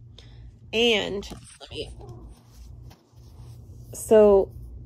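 Someone talks while handling the heavy, bullet-shaped cap of a lipstick-style cosmetic case, with faint handling and rustling sounds between the speech. The cap has not yet snapped onto its base; nothing has clicked or seated yet.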